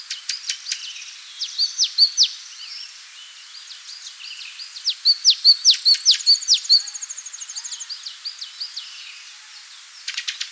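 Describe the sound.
Spot-winged tit song: a rapid series of thin, high, sharply repeated notes with short ticking clicks before, fading into a softer buzzy trill, then a few more ticking clicks at the end.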